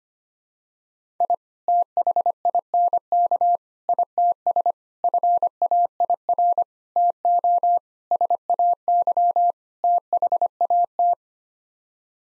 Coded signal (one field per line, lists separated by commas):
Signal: Morse code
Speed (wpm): 25 wpm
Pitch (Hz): 700 Hz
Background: none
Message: I THINK ITS FAIR TO SAY THAT